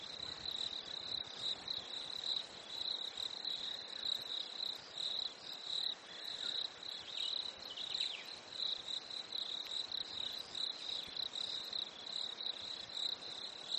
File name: smartsound ATMO NATURE Fresh Winter Lake Crickets Birds